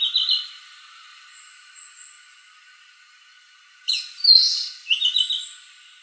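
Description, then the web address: Narcissus flycatcher giving a few short high notes, then after a quiet gap a louder burst of varied high phrases, over a faint steady hum. Recorded on 14 April 2014 at 06:09. "birdenaga kibitaki 20140414 0609"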